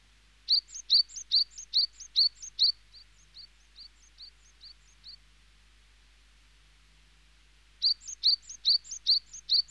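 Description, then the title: Small birds: a small bird giving a fast run of high chirps that fades to softer notes, a quiet gap, then a loud new burst of bright chirps. "NHK Sound Effects Collection - 2-Waves, Rivers, Birds"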